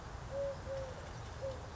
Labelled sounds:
Eurasian Collared Dove (Streptopelia decaocto)
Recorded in Sonoma County, California

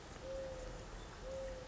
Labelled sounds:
Mourning Dove (Zenaida macroura)
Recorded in Sonoma County, California

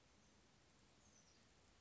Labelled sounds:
Oak Titmouse (Baeolophus inornatus)
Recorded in Sonoma County, California

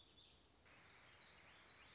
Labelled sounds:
Warbling Vireo (Vireo gilvus)
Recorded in Sonoma County, California

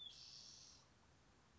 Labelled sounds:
Spotted Towhee (Pipilo maculatus)
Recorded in Sonoma County, California

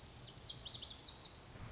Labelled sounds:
Lazuli Bunting (Passerina amoena)
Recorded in Sonoma County, California

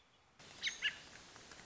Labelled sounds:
American Robin (Turdus migratorius)
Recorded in Sonoma County, California

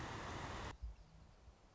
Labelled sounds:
Song Sparrow (Melospiza melodia)
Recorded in Sonoma County, California

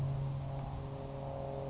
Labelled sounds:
Grasshopper Sparrow (Ammodramus savannarum)
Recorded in Sonoma County, California

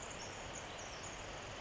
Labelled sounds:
Pacific Wren (Troglodytes pacificus)
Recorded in Sonoma County, California

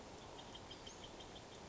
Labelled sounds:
Western Flycatcher (Empidonax difficilis)
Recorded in Sonoma County, California

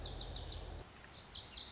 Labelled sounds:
Lazuli Bunting (Passerina amoena)
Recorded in Sonoma County, California

